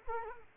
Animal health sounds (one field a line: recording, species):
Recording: mosquito wingbeat signal from an infrared sensor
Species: Culex quinquefasciatus